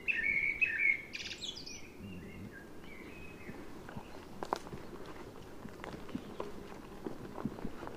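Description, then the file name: Common blackbird gives a short fluted phrase with a squeaky flourish in the first seconds, followed by steady background noise. "Turdus merula"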